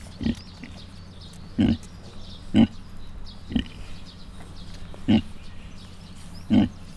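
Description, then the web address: Mangalica pig grunting, six short gruff grunts at irregular intervals, over a low steady hum. Five cat-sized suckling Mangalica piglets at Miskolc Zoo, 2018. "allathangok miskolcizoo 2018 mangalica otmacskanagysaguszoposmalac miskolczoo"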